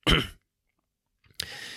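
Two harsh coughs a little over a second apart: a short, forceful burst, then a longer, rougher one with a noisy breathy tail. The cough sounds loose and a little wet, in an adult who tested PCR-positive for COVID-19, on the third day of symptoms and the second day of self-isolation, with loss of taste.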